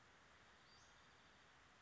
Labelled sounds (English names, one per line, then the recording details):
Western Flycatcher
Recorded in Sonoma County, California